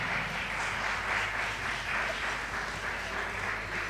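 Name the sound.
applause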